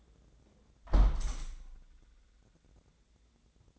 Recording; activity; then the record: daily activity, microphone in the room; close window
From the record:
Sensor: 3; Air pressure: 1012.3 hPa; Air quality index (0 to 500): 136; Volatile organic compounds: 2 ppm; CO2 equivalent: 1054 ppm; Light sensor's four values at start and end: 163/394/160/147 and 165/399/162/148